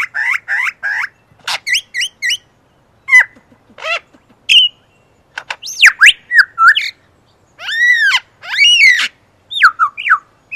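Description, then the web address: Superb lyrebird song: a varied, loud stream of whistled, arching notes, rapid chips and rising slurs, switching phrase types every second or two. "earth naturelibrary assets s su superb lyrebird"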